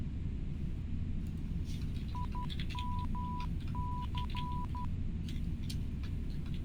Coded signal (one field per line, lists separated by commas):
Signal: Morse code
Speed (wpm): 12 wpm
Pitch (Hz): 990 Hz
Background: none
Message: IMC